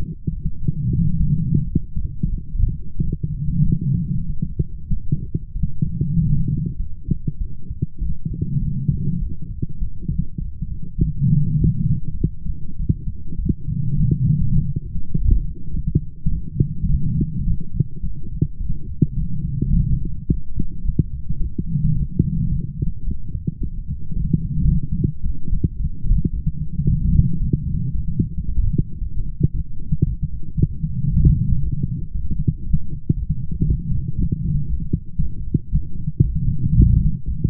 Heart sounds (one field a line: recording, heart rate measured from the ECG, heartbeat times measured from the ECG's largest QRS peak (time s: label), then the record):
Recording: heart sounds by stethoscope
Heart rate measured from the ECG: 106 bpm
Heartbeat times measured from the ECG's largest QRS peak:
0.29 s: heartbeat
0.98 s: heartbeat
1.64 s: heartbeat
2.29 s: heartbeat
2.95 s: heartbeat
3.61 s: heartbeat
4.25 s: heartbeat
4.89 s: heartbeat
5.52 s: heartbeat
6.14 s: heartbeat
6.76 s: heartbeat
7.37 s: heartbeat
7.98 s: heartbeat
8.58 s: heartbeat
9.18 s: heartbeat
9.78 s: heartbeat
10.38 s: heartbeat
10.98 s: heartbeat
11.58 s: heartbeat
12.17 s: heartbeat
12.76 s: heartbeat
13.35 s: heartbeat
13.95 s: heartbeat
14.54 s: heartbeat
15.12 s: heartbeat
15.70 s: heartbeat
16.28 s: heartbeat
16.86 s: heartbeat
17.43 s: heartbeat
18.00 s: heartbeat
18.57 s: heartbeat
19.14 s: heartbeat
19.70 s: heartbeat
20.25 s: heartbeat
20.81 s: heartbeat
21.37 s: heartbeat
21.93 s: heartbeat
22.48 s: heartbeat
23.03 s: heartbeat
23.58 s: heartbeat
24.13 s: heartbeat
24.67 s: heartbeat
25.22 s: heartbeat
25.76 s: heartbeat
26.30 s: heartbeat
26.84 s: heartbeat
27.38 s: heartbeat
27.91 s: heartbeat
28.45 s: heartbeat
28.98 s: heartbeat
29.51 s: heartbeat
30.04 s: heartbeat
30.56 s: heartbeat
31.08 s: heartbeat
31.59 s: heartbeat
32.11 s: heartbeat
32.63 s: heartbeat
33.14 s: heartbeat
33.65 s: heartbeat
34.15 s: heartbeat
34.66 s: heartbeat
35.18 s: heartbeat
35.69 s: heartbeat
36.21 s: heartbeat
36.72 s: heartbeat
37.24 s: heartbeat
From the record:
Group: healthy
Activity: light exercise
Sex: female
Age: 32 years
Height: 172 cm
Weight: 71.7 kg